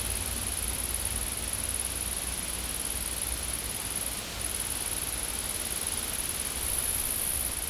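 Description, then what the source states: Insect producing a sustained high-pitched buzzing trill that breaks off briefly midway, then carries on, with a low rumble underneath. Insects in a field.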